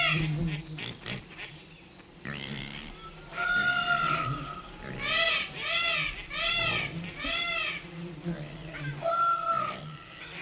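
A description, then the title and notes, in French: Animal sounds: a series of loud, high, wavering squeal-like cries, each rising and falling, arrive in bursts from about the fourth second onward and repeat every second or so. Before them, low grunting and murmuring noises fill the opening seconds, with a soft continuous background. Les sons d'animaux.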